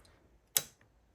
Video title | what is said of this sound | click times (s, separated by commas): Update: my Pietta 357 Pistolero after 1000 rounds | And listen for the click there. And we see our pin pop out. | 0.6 s